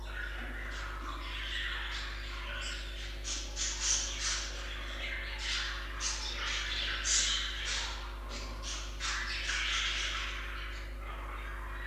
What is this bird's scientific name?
Melopsittacus undulatus